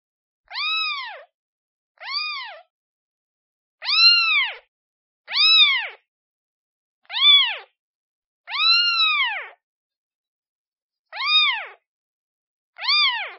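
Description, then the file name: Cat: kitten meowing, eight high arched mews at irregular intervals, each rising then falling, against a silent background. Kitten calling for its mother. "Tieng meo con keu tim me"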